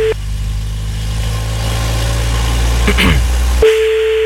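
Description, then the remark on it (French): A car is restarted: its engine rumbles at a steady low idle, with a brief rising mechanical whir near the end before the engine noise drops away, leaving a steady electronic tone. “Bon, bah, du coup, je redémarre la voiture, alors bouge pas.”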